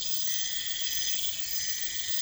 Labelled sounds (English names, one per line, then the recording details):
none
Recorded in pastures near Puerto Asís, Putumayo, Colombia, on 22 December 2024 at 00:30
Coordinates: 0.472, -76.329
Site G072